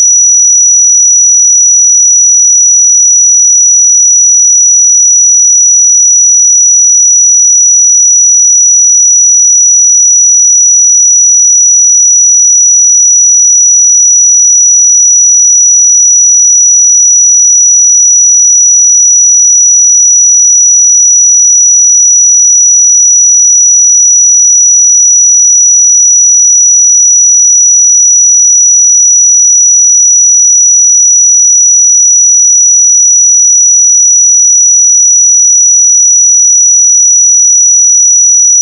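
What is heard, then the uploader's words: A pure sine tone holds at 5869 Hz for the full thirty-nine seconds, a thin, piercing high whistle. The pitch and loudness never waver, and nothing else sounds around it; the tone simply runs from start to end. 5869 Hz 1 Hz Interval Sine Pure Tone Frequency 441000 Sample Mono.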